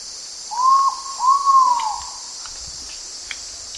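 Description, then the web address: Ivory-breasted pitta call of two mellow arched whistles, the second longer, set against a dense high-pitched insect hum. Recorded in Indonesia. "ULM-DS-Lab indonesian-bird-sounds. Pitta maxima"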